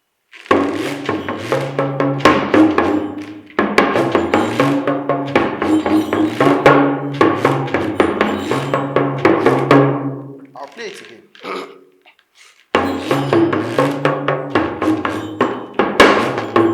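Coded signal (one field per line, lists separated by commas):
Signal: talking drum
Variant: Yoruba dùndún (Ìyá'lù)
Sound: fast talking-drum strokes with shifting low pitches and jingling bells, two phrases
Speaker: I'll play it again. Okay, so that is orí ẹni kó má fìyà jẹ ni, àtàrí ẹni kó má fìyà jẹ ni, mo dúpẹ́, Ọlọ́run ò pa mí lẹ́kún, mo dúpẹ́.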